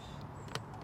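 A further push on the front grille panel of a 2024 Transit Custom van drives a plastic grille trim clip into the grille. A single sharp, bright snap is heard at 0.6 s over a low, steady background hum. The clip snaps in and is seated.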